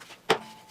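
A wooden brace is pressed into half-lap notches, cut on a table saw, in the A-frame legs of a step stool. It seats with one sharp snap at 0.3 s over faint background noise, and the fit is confirmed.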